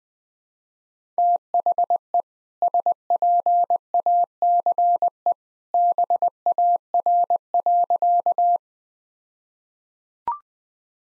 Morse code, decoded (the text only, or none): THE SPACE BAR.